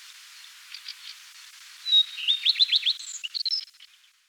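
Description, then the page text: Common redstart song: a clear high opening note, then a quick run of repeated notes, ending in a few scratchy twittering notes. "Common Redstart Song - Quick Sounds"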